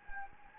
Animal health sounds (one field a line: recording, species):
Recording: mosquito wingbeat signal from an infrared sensor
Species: Anopheles gambiae